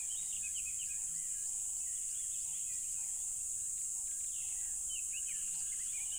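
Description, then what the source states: Crickets sustain a continuous shrill buzz, joined by short repeated lower hums and scattered chirping birds. Loud crickets along a tropical river.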